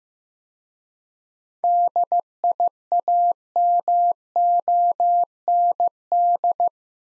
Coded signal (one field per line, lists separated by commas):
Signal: Morse code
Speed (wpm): 15 wpm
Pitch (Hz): 700 Hz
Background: none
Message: DIAMOND